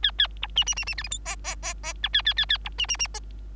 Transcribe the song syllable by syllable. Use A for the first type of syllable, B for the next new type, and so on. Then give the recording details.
A A B C C C C D E F G G G G H A A A A B C C C G. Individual Bird3